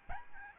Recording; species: mosquito wingbeat signal from an infrared sensor; Aedes albopictus